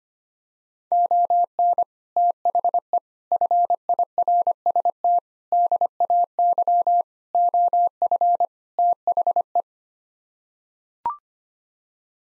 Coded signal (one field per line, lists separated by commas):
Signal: Morse code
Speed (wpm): 25 wpm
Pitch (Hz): 700 Hz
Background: none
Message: ON THE FIRST DAY OF THE